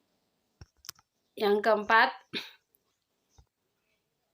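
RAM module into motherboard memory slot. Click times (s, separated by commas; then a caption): 0.9 s. A RAM module is pressed into its motherboard memory slot until the slot latches lock, and a sharp click is heard at 0.9 s as it seats. Someone talks afterward.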